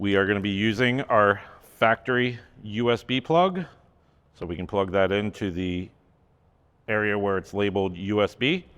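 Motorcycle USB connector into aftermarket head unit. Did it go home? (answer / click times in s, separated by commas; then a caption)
no / none. The factory USB plug from a 2014+ Harley-Davidson Touring motorcycle is handled near the port labeled USB on an aftermarket Soundstream V2 head unit. Someone talks throughout, with pauses around 4 and 6 seconds and no distinct impacts. The plug has not yet clicked or seated into the head unit by the end of the clip.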